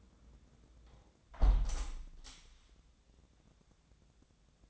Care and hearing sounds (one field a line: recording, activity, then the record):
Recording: daily activity, microphone in the room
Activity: close window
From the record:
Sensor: 3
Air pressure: 1012.2 hPa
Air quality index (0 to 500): 136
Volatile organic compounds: 2 ppm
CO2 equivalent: 1054 ppm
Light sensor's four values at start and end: 274/668/278/274 and 274/670/278/273